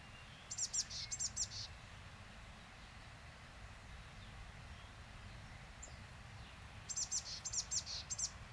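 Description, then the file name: Eurasian blue tit calls in rapid clusters of very high, thin notes, one pair of bursts at the start and another group near the end, over steady low rumbling background noise. "Cyanistes caeruleus"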